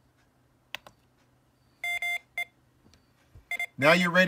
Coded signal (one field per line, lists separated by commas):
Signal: Morse code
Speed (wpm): 25 wpm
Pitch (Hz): 2100 Hz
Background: speech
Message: ME IN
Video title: Morserino-32 - the multifunctional Morse machine